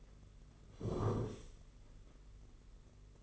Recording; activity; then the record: daily activity, microphone in the room; sit down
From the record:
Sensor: 4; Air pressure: 992.5 hPa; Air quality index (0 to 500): 120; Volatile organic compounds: 30 ppm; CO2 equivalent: 2950 ppm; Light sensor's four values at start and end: 20/72/26/28 and 20/72/26/28